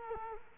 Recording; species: mosquito wingbeat signal from an infrared sensor; Culex quinquefasciatus